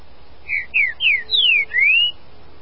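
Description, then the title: Green-winged saltator song of five bright whistles, the first short, the middle ones slurring downward and the last sweeping upward. "Trinca Ferro"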